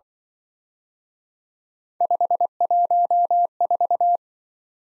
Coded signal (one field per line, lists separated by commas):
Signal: Morse code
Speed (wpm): 25 wpm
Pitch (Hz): 700 Hz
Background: none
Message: 514